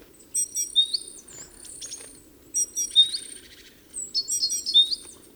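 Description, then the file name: Great tit calls: three bursts of high thin notes and sharp upslurred chips, about one burst every two seconds, over a faint low hum. "Parus major"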